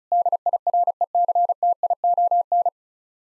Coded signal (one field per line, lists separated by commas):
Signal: Morse code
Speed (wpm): 34 wpm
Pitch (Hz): 700 Hz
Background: none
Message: DIRECTION